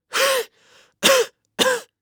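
Three harsh, voiced cough bursts with a faint breath between, an old man's acted cough.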